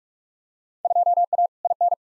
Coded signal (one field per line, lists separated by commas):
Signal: Morse code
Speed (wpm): 42 wpm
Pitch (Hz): 700 Hz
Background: none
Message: 2A IN